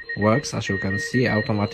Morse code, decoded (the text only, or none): SQ